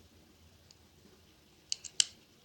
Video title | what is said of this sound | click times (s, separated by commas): Did my GoPro Hero 8 Survive the rain in a Ulanzi Case?????? | you see it snaps on | 2.0 s